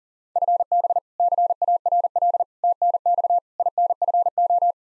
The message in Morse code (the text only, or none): FB CARL TNX INFO